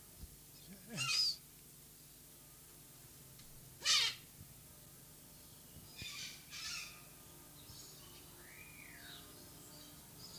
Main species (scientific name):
Bycanistes brevis